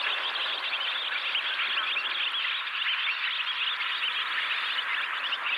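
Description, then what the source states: Barn Swallow song: dense, fast twittering and chirping that runs without pause throughout, several birds overlapping. Swallows singing their rapid-fire song at natural speed beside grazing cattle at Ryan Vella, West Clare, Ireland.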